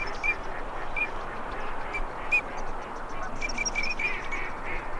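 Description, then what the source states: Ducks giving short high whistles, some in quick pairs and runs near the end, with low chattering quacks and steady background noise. Male and female migratory ducks.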